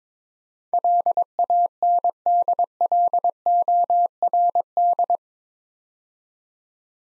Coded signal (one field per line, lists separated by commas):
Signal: Morse code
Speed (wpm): 22 wpm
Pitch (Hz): 700 Hz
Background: none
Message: LANDLORD